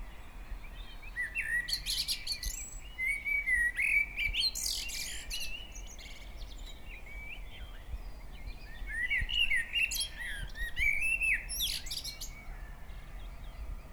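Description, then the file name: Common blackbird song, two mellow fluting phrases each closed by a burst of thin, high chattering notes, separated by a quiet pause; faint low rumble throughout. "Turdus merula"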